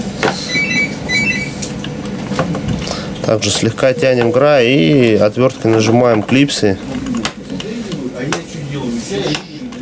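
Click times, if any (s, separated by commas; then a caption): 7.2 s, 8.3 s. In an Opel Astra H dashboard, the factory display trim panel is pulled at its edge while its plastic retaining clips are pressed with a screwdriver, as part of installing a Redpower 21219 head unit. Someone talks over background music, and the clips click open at 7.3 s and 8.3 s, releasing the panel from the dashboard.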